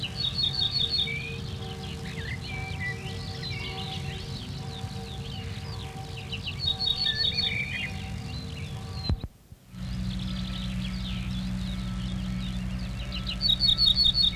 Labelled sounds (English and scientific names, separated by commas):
Ortolan Bunting (Emberiza hortulana) song